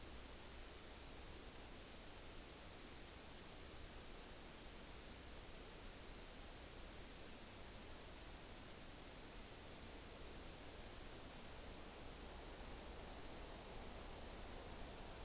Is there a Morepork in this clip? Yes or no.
no